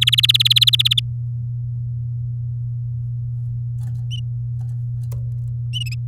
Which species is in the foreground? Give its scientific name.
Serinus canaria